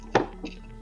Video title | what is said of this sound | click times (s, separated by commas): ComfyGO Z-4 Mobility Scooter Assembly Guide: Step-by-Step Instructions | and just pop it right into place and you'll hear a snapping | 0.2 s